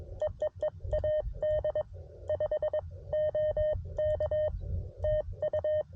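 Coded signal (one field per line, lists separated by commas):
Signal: Morse code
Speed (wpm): 22 wpm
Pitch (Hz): 1850 Hz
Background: none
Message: EEE AD5OK TU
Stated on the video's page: CW park activation on a CFT1 transceiver with MC-750 antenna, T1 tuner and paddle.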